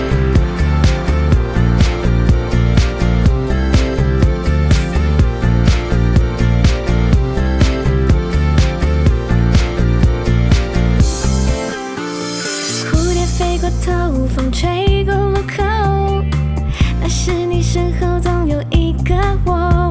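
A loud, full pop song plays throughout with a steady driving beat and thick layered instruments; the bass briefly drops out in a short break before a bright melodic section carries on.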